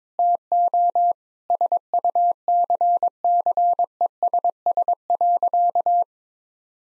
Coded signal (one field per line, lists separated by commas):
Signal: Morse code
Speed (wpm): 22 wpm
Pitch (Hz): 700 Hz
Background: none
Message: TO SUCCESS.